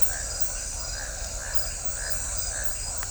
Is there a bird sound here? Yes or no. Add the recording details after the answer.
no. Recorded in shrubland near Pivijay, Magdalena, Colombia, on 1 June 2023 at 20:30. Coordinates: 10.453, -74.365. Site P5-G022